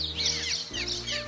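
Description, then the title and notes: Cliff Swallow calls: a few squeaky, high chirps sliding downward over a second, above a low steady hum. "When Cliff Swallows arrive on the breeding grounds in North America"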